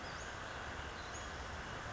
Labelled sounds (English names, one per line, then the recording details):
Western Flycatcher
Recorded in Sonoma County, California